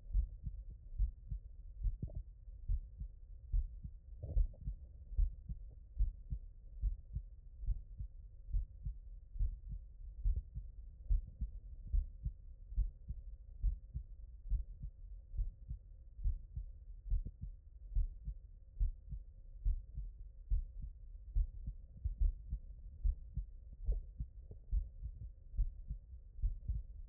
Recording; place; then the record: heart sounds by stethoscope; mitral valve (MV)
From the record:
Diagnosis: non-HFrEF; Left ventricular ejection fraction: 58%